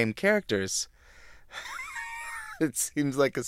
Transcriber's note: soundbite of laughter